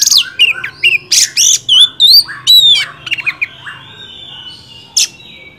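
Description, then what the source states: Oriental magpie-robin singing a rich, varied phrase of sweet whistles, slurred notes and harsh squawky bursts in quick succession, ending with a sharp high note after a pause. Tutor recording used to train caged songbirds, featuring a first-place champion oriental magpie-robin.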